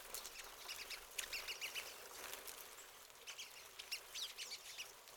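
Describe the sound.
Pine siskin twittering, quick bursts of high, scratchy notes tumbling together in clusters, with a short pause midway before the chatter resumes.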